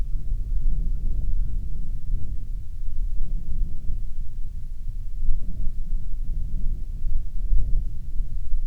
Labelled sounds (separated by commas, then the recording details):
bird, wind
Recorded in the Arctic National Wildlife Refuge, Alaska, on 6 August 2019 at 07:41
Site 49